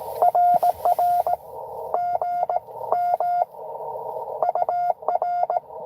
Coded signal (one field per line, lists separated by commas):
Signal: Morse code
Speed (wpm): 22 wpm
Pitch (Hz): 700 Hz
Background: radio noise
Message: RR GM UR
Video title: N2AKJ is live! Doing pota and 12 days of xmas at us-2147 #pota #cw